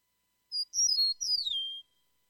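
Eastern Meadowlark song: a single clear phrase of slurred whistles that slides downward, set against silence.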